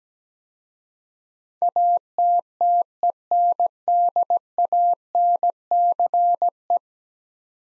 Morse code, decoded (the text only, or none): ATTENDANCE